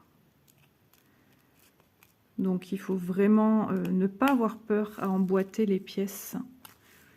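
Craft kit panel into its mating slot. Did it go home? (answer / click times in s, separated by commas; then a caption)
yes / 6.7 s. Two pieces of a small craft model kit, a house-shaped diamond-painting storage box, are pressed firmly together: a craft kit panel goes into its mating slot. Faint handling sounds come first, then someone talks, and a short sharp click at 6.6 s shows the piece is seated properly.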